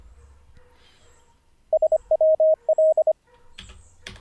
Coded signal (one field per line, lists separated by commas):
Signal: Morse code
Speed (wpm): 25 wpm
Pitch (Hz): 630 Hz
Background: none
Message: SWL